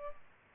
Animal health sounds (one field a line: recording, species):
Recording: mosquito wingbeat signal from an infrared sensor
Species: Culex pipiens